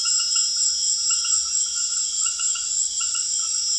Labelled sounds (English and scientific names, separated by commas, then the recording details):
none
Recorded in secondary vegetation near Puerto Asís, Putumayo, Colombia, on 23 June 2025 at 19:30
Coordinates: 0.500, -76.326
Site GP08